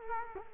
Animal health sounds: mosquito wingbeat signal from an infrared sensor; Culex quinquefasciatus

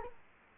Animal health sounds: mosquito wingbeat signal from an infrared sensor; Culex quinquefasciatus

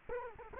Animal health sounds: mosquito wingbeat signal from an infrared sensor; Culex quinquefasciatus

